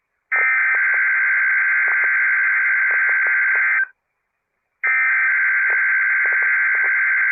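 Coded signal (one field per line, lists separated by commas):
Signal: Emergency Alert System (SAME) tones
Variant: header bursts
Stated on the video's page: Kentucky tornado drill test message from NOAA Weather Radio station on 162.475 MHz, received via an online stream.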